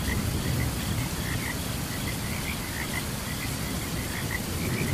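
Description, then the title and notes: Frogs in a chorus of short chirping notes repeating unevenly, with a faint steady insect sound and a low rumble underneath. Frogs calling alongside crickets during a thunderstorm. "Frogs and Crickets Chirping During Thunderstorm. Sleep and Relaxation Podcast"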